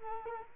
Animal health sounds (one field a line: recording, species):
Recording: mosquito wingbeat signal from an infrared sensor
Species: Culex quinquefasciatus